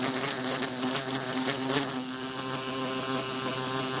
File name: Bumblebee trying to escape thru closed window